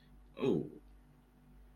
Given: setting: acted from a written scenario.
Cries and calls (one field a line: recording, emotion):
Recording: vocal sound without words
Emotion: awe